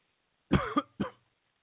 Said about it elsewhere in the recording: I feel like I'm coming down with something. So you'll excuse my voice and my coughing once in a while.